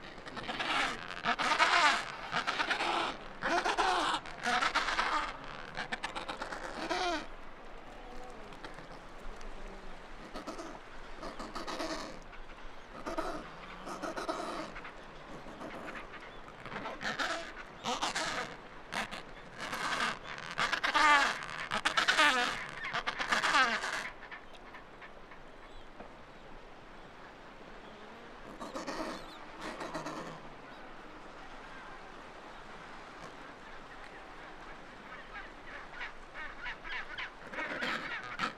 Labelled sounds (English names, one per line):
Adelie Penguin call